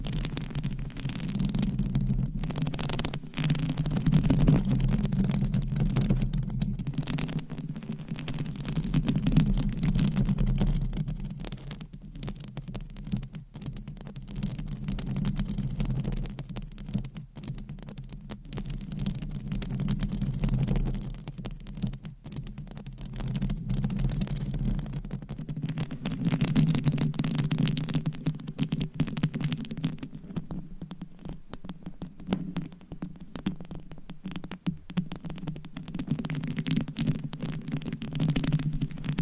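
Scratching with nails and covers on a microphone, a dense, continuous rubbing with a strong low rumble that swells and eases, fading quieter around 12 to 25 seconds before building again. Sharp clicks and brief crackles break through, clustering near the end.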